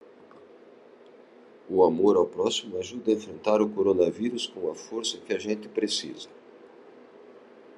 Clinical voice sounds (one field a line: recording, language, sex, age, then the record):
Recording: spoken sentence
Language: Brazilian Portuguese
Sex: male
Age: 60 to 69 years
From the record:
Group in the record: control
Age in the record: 65 years